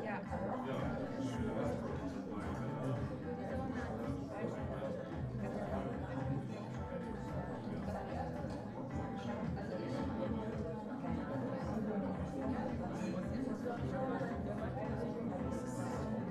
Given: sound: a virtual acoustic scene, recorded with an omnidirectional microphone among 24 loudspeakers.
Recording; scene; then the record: noise of the scene; pub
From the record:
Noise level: 74 dB SPL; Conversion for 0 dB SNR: 1.6 dB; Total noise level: 75.6 dB SPL